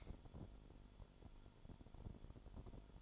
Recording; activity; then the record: daily activity, microphone in the room; light on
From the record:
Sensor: 5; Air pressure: 1008.0 hPa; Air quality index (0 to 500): 97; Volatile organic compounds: 1 ppm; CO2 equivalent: 760 ppm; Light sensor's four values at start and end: 35/81/33/33 and 35/83/34/34